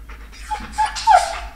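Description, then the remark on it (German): A dog pants in quick, breathy rhythm while letting out several short, high whimpers that rise into a longer, pleading whine near the end. “Ich muss ihn kurz ignorieren, damit er seinen Platz findet.”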